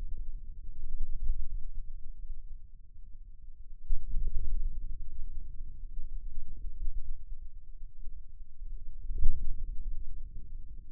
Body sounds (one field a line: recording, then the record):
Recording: forearm muscle sounds (acoustic myography)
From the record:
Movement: ulnar deviation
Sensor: system 2, bracelet of six BSWA MPA416 microphones around the upper forearm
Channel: 1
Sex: male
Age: 22 years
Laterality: right